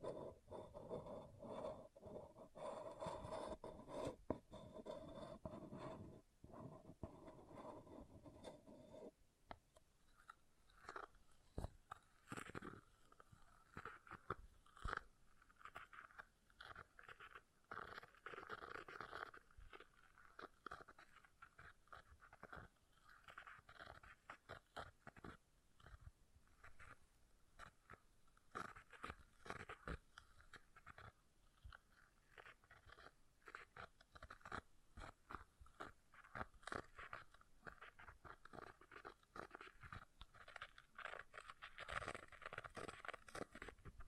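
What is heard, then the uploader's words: Object scratching, a rough rasping sound made of dense, uneven strokes that keep up with few pauses. For the first nine seconds a lower, fuller rubbing dominates. After that the scratches turn thinner and brighter, with sharp clicks and scrapes scattered throughout. ASMR Brain Melting Object Scratching (No Talking).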